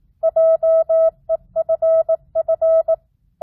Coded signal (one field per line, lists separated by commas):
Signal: Morse code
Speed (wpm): 18 wpm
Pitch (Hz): 650 Hz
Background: none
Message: JEFF